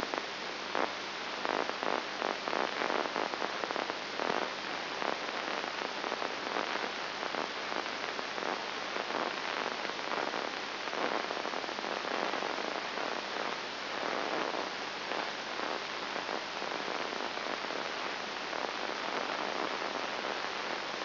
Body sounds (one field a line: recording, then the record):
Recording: brain microelectrode recording played as sound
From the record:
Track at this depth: inside the subthalamic nucleus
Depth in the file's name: 1.904 mm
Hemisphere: left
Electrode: 3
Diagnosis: Parkinson's disease